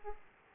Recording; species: mosquito wingbeat signal from an infrared sensor; Aedes aegypti